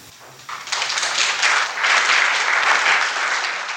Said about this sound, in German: Beifall für die Pein des jungen Löwen.